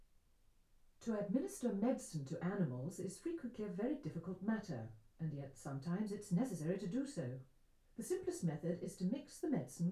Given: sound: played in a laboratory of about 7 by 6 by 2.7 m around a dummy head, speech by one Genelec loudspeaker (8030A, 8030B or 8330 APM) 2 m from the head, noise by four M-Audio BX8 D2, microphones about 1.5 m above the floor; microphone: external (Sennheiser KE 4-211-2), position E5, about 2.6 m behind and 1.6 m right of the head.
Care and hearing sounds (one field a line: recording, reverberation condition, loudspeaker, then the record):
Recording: female speech in English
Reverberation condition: low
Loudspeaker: behind (180 degrees)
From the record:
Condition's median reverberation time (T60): about 310 ms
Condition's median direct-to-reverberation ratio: about 3.5 dB